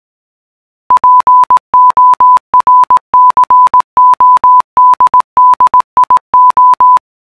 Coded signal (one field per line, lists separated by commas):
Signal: Morse code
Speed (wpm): 18 wpm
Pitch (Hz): 1000 Hz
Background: none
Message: PORCODDIO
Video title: Porcoddio in codice morse